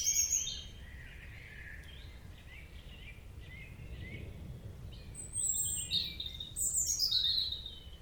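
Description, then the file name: European robin: a brief loud high phrase, then soft, wavering high phrases, then louder piercing sliding notes near the end, with steady low background noise. "Erithacus rubecula"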